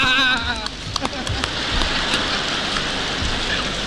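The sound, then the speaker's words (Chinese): An audience breaks into steady applause welcoming a performer's apprentice onto the stage for his first appearance, a dense, even crackle of many hands clapping that holds loud for a few seconds, with a brief voice at the very start. “啊，来来来来，准备出台，希望大家热烈鼓掌，欢迎我徒弟第一次和大家见面。”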